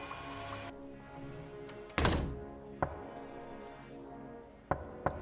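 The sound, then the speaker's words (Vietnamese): Heavy knocking on a locked hidden door, pounded hard as if someone wanted to get out: one loud booming thump followed by several sharper, irregular knocks, each ringing briefly over a low, murky background hum. “Tiếng cánh cửa ngầm bị khóa vang lên ầm ĩ như có người đang đập thật mạnh đòi thoát ra. Tiếng gõ cửa lục cục lục cục.”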